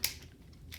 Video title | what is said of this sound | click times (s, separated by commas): Astroboy and the Micronauts | They really like snap into place with a nice sound and a nice click to them. | 0.0 s